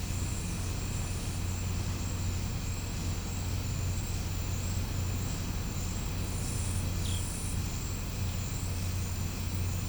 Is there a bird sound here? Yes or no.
no